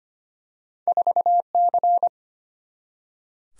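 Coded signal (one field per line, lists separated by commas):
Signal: Morse code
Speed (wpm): 25 wpm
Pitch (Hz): 700 Hz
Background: none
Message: 4C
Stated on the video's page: Head-copy practice at 25 wpm of random two-character letter and number combinations, each sent in Morse, spoken, then sent again.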